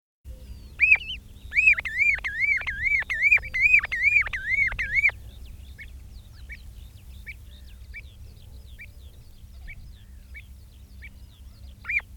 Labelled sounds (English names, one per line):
Common Ringed Plover call